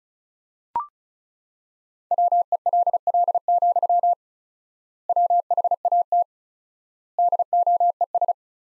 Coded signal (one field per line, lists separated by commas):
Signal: Morse code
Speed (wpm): 36 wpm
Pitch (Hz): 700 Hz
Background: none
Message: WELL, WHAT DOES